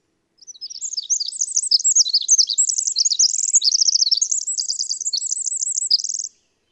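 Songbird singing a high, hurried phrase of squeaky twisting notes, closing with a quick run of repeated buzzy trill notes; no other sounds.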